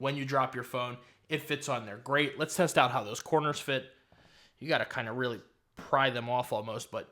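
Someone talks while handling a Smartish Gripzilla plastic/rubber phone case on an iPhone 15 Pro Max, prying one of its corners off the phone before it is pressed back onto that corner. Only speech is heard, with short pauses. Nothing has clicked or seated yet.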